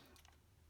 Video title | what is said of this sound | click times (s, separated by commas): Excellent BUDGET Holster! | 40 ceo holster um but like i said you do get that satisfying click | 0.2 s